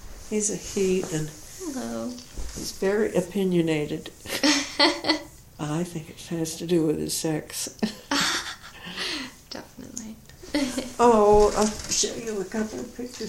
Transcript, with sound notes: he's a he, and he's very opinionated. I think it has to do with his sex. [Laughs]
Definitely.
Oh, I'll show you a couple of pictures.